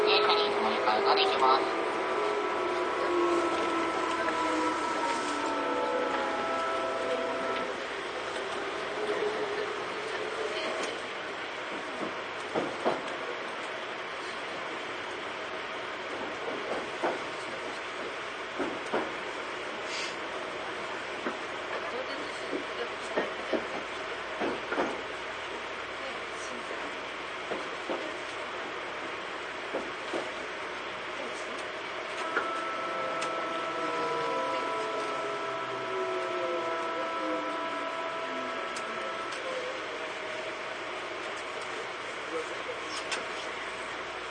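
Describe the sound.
A Tobu 9000 series train running between Kotake-mukaihara and Hiyoshi, with a steady, dense rumble of running noise throughout. Motor whines slide downward in pitch in the first ten seconds and again from about 32 seconds, while scattered clicks and knocks recur.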